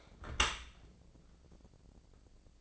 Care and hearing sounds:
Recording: daily activity, microphone in the room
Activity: close dishwasher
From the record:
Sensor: 5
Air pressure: 1012.4 hPa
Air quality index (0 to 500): 156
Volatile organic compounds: 2 ppm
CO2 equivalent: 1065 ppm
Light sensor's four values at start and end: 106/256/108/121 and 106/256/108/121

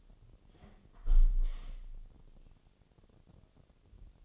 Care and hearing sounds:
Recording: daily activity, microphone in the room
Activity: close window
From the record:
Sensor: 4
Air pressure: 1015.7 hPa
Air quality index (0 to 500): 81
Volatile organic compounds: 1 ppm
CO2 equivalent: 903 ppm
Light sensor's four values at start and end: 9/20/8/7 and 9/20/8/7

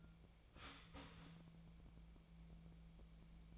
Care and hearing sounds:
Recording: daily activity, microphone in the room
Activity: start toaster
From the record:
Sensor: 1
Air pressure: 1000.3 hPa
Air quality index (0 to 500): 155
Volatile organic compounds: 3 ppm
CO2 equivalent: 1455 ppm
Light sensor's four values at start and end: 30/74/31/37 and 30/74/31/37

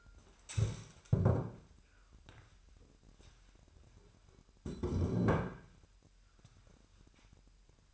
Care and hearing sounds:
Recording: daily activity, microphone in the room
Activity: stand up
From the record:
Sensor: 2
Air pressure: 998.4 hPa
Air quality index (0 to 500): 126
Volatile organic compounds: 3 ppm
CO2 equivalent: 1428 ppm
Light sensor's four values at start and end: 6/15/6/7 and 5/11/5/5

